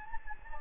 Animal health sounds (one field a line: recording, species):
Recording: mosquito wingbeat signal from an infrared sensor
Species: Anopheles gambiae